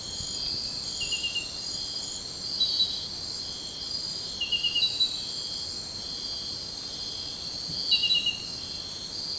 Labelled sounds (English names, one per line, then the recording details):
none
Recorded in secondary vegetation near Puerto Asís, Putumayo, Colombia, on 13 March 2025 at 03:30
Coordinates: 0.498, -76.327
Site G001